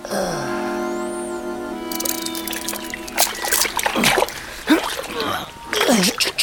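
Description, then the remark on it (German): Water waves splash in irregular, rushing surges onto a shore slope where a person lies with the back of the head in the water, following a short sustained droning tone at the start. “Auf dem Abhang mit dem Hinterkopf im Wasser. Und lass dich von den Wellen in den Schlaf lullen.”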